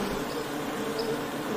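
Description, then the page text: Honey bee buzzing, a brief steady drone of humming wings. Ambient honey bee wing sound, presented as ASMR background sound for work or sleep. "【環境音・ASMR】ミツバチの羽音3分｜ Honey Bees Sound【作業用・睡眠用BGM】"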